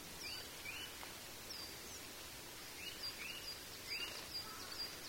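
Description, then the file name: Coal tit: thin, high notes repeated several times, faint against a steady rushing hiss. "higara"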